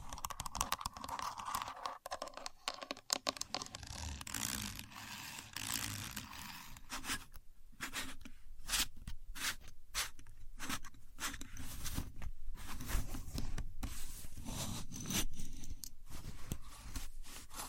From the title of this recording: Using A Contour Gauge (No Talking)